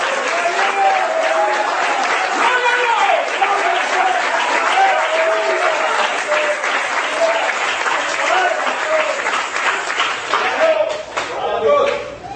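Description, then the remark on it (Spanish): Steady, dense hand clapping carries on for about twelve seconds, loud and continuous, with voices calling out and cheering over it before it tapers slightly at the end. “Yo voy a aplaudir por alguno de ustedes que no pueden. Otra vez lo quiero hacer.”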